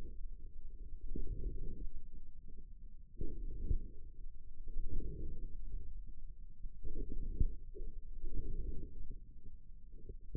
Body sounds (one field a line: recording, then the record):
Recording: forearm muscle sounds (acoustic myography)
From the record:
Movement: inward rotation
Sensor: system 2, bracelet of six BSWA MPA416 microphones around the upper forearm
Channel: 4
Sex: male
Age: 22 years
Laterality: right